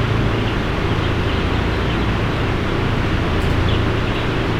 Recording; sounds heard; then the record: poultry house recording; healthy chickens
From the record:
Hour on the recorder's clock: 14